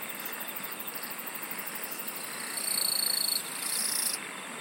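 Insects singing: soft, regular high pulses at first, then two louder, rapid trilled bursts toward the end, over steady background hiss.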